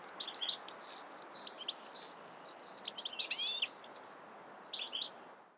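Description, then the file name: European Goldfinch twittering: thin, high chirps and jingling notes over a steady background hiss, growing busier midway and then thinning out. "Carduelis carduelis"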